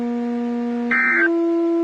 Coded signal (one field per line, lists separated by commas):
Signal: Emergency Alert System (SAME) tones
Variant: end-of-message bursts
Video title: Severe Thunderstorm Warning on KHB37 (EAS #173)